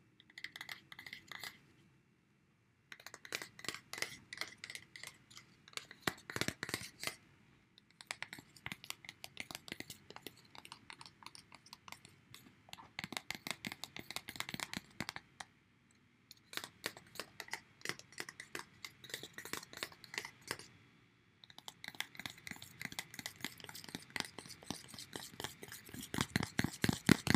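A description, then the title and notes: A credit card is handled, producing bursts of sharp, dense clicks, taps and scraping ticks. The bursts come in runs of a few seconds separated by brief silences, growing busier and louder toward the end. Credit Card.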